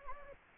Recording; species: mosquito wingbeat signal from an infrared sensor; Anopheles gambiae